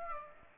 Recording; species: mosquito wingbeat signal from an infrared sensor; Aedes aegypti